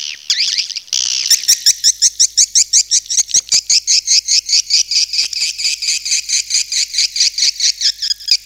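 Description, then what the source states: Swiftlets give rapid high chirps in a steady throbbing series after a brief jumble of twittering. Swiftlet sounds used for swiftlet farming in Asia.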